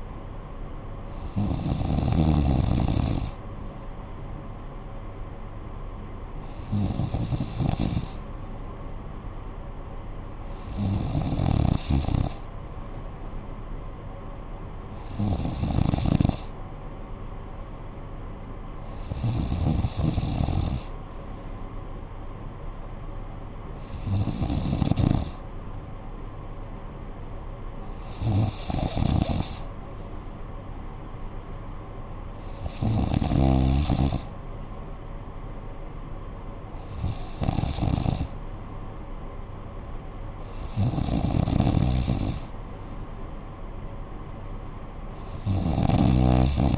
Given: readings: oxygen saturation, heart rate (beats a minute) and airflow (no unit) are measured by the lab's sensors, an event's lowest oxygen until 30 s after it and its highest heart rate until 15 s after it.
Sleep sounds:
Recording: breathing in sleep by a smartphone at the bedside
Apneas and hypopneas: none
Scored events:
none scored
From the record:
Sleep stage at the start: N3 (deep sleep)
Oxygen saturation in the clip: 94%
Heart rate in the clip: 57 to 62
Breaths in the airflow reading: 10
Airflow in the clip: -9.6 to 5.5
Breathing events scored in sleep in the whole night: 445 in 7.6 hours asleep

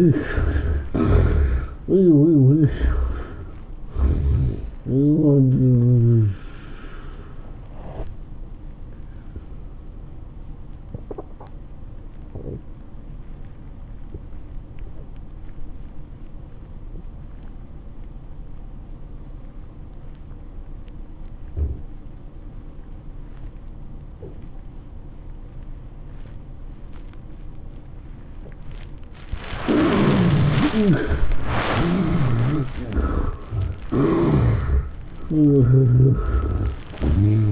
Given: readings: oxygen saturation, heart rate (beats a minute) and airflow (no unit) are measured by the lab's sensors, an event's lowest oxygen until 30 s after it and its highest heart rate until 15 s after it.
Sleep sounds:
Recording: breathing in sleep by a smartphone at the bedside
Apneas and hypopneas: 1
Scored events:
13.00-30.40 s: obstructive apnea (N1, oxygen 97% highest, then 76% lowest, heart rate 105 at the start, 112 highest)
From the record:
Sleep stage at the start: N1 (lightest sleep)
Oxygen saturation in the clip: 73 to 97%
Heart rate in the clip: 91 to 115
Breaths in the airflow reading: 5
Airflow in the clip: -11.6 to 12.9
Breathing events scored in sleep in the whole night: 403 in 5.5 hours asleep

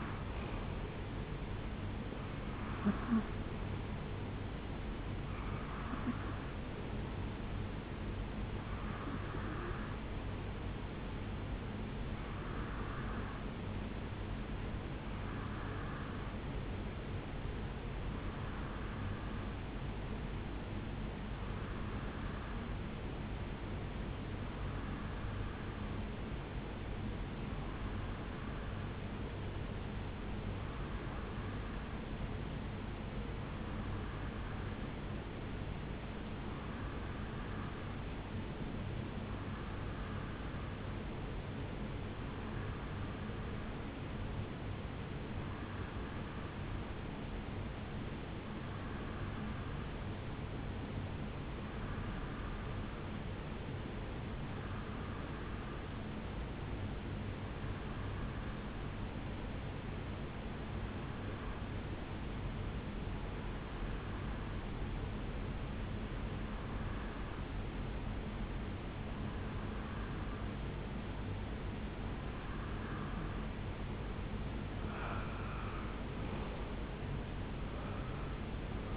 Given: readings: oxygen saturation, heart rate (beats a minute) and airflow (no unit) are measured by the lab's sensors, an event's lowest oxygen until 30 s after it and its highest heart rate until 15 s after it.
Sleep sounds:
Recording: breathing in sleep by a voice recorder at the bedside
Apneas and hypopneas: 1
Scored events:
3.00-33.00 s: new sleep stage, N1 (lightest sleep)
22.00-73.40 s: hypopnea (N1, oxygen 95% highest, then 90% lowest, heart rate 67 at the start, 76 highest)
33.00-63.00 s: new sleep stage, N2 (light sleep)
63.00-78.97 s: new sleep stage, REM sleep
From the record:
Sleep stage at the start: N2 (light sleep)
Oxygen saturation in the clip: 90 to 95%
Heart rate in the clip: 64 to 75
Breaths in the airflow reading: 26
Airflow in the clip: -9.1 to 5.8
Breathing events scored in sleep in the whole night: 449 in 7.0 hours asleep

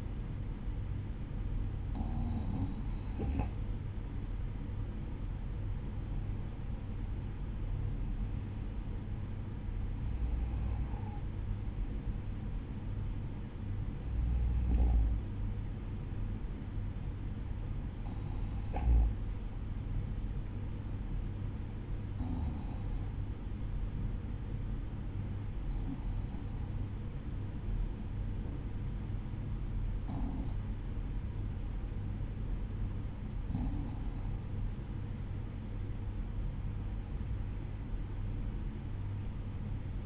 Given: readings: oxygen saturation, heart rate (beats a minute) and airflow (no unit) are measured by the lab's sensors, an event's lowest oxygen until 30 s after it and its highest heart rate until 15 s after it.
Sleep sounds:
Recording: breathing in sleep by a smartphone at the bedside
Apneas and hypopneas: none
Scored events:
none scored
From the record:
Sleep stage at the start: N2 (light sleep)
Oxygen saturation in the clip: 93 to 95%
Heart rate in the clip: 51 to 54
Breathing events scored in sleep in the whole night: 305 in 9.6 hours asleep

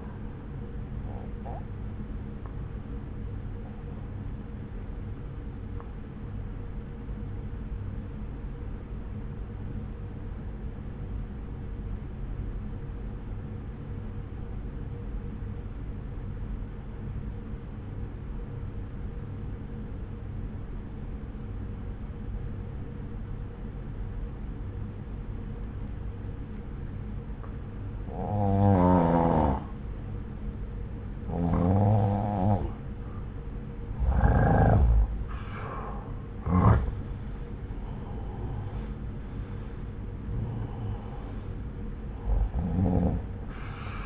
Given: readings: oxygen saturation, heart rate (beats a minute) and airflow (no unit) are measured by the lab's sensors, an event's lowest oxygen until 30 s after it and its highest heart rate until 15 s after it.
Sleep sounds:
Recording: breathing in sleep by a smartphone at the bedside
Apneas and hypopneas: 1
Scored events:
4.00-29.20 s: obstructive apnea (N1, oxygen 94% highest, then 87% lowest)
10.00-40.00 s: new sleep stage, N2 (light sleep)
40.00-44.06 s: new sleep stage, N1 (lightest sleep)
From the record:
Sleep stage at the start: N1 (lightest sleep)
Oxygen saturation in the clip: 86 to 94%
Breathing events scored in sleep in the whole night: 303 in 8.1 hours asleep

